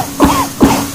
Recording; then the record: coughing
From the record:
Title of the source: Spring Allergy Coughing